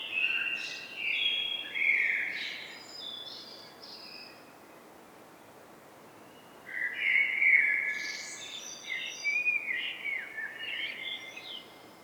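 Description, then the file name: Eurasian blackbird song: a mellow warbled phrase with shrill high squeaks, a quiet gap, then a longer flowing phrase of whistles and twitters; faint steady hiss underneath. "Turdus merula"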